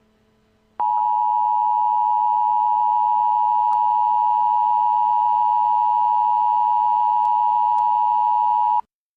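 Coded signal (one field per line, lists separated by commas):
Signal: Emergency Alert System (SAME) tones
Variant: 853 and 960 Hz attention tone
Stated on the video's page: Fictional EAS scenario based on a game.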